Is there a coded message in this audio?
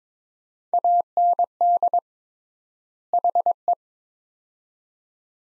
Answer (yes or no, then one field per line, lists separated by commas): yes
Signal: Morse code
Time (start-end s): 0.7-3.7 s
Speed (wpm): 22 wpm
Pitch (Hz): 700 Hz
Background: none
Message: AND HE